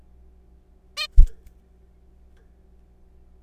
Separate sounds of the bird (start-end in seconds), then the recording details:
0.97-1.07. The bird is a juvenile. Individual R3428